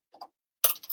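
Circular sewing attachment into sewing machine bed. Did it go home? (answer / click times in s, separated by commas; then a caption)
yes / 0.6 s. A plastic circular sewing attachment is pressed onto a sewing machine bed so it engages two small holes. Two faint ticks come at 0.1 and 0.2 seconds, then a sharp, loud snap at 0.6 seconds followed by smaller clicks. The attachment seats firmly in the bed.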